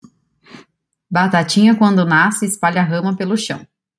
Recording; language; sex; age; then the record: short text; Brazilian Portuguese; female; 30 to 39 years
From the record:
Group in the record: control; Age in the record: 30 years